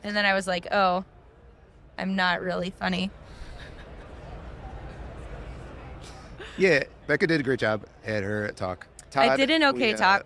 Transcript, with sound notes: And then I was like, "Oh. I'm not really funny [chuckles]
Yeah. Bekah did a great job at her talk. Todd, we-
I did an okay talk.